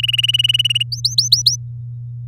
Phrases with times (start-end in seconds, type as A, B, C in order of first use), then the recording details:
0.03-0.83 A, 0.92-1.56 B. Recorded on 8 May 2018 at 09:00. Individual llb16